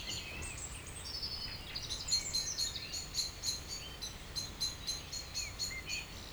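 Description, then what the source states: Birds singing: a high rapid trill repeated in pulses about four times a second, with other chirps and whistles mixed in, over low background rumble. Evening village birds in Tregastel bourg, Pleumeur-Bodou, France; around 8 pm, humid weather, April 2019; recorded with MKH 8040 ORTF pair, Rycote, Zoom H5.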